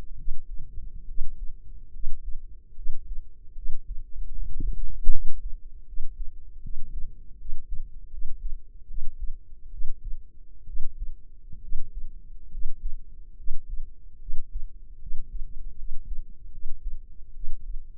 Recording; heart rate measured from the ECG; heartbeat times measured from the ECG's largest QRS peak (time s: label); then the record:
heart sounds by microphone in the left ear; 73 bpm
0.15 s: heartbeat
1.05 s: heartbeat
1.90 s: heartbeat
2.73 s: heartbeat
3.53 s: heartbeat
4.31 s: heartbeat
5.08 s: heartbeat
5.83 s: heartbeat
6.60 s: heartbeat
7.36 s: heartbeat
8.08 s: heartbeat
8.85 s: heartbeat
9.68 s: heartbeat
10.64 s: heartbeat
11.59 s: heartbeat
12.48 s: heartbeat
13.34 s: heartbeat
14.17 s: heartbeat
14.97 s: heartbeat
15.74 s: heartbeat
16.48 s: heartbeat
17.31 s: heartbeat
From the record:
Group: healthy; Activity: rest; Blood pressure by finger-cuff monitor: 122/69 mmHg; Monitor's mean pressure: 86 mmHg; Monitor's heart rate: 73 bpm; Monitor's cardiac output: 7 L/min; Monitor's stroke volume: 94 mL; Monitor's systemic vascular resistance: 910 dyn s/cm5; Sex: female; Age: 23 years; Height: 160 cm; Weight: 50.4 kg